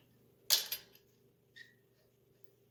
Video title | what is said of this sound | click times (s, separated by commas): RennShift Shifter Tutorial - Reverse Lockout Change | that little click there was because i didn't have the shoulder through the actual arm there it wasn't aligned | 0.5 s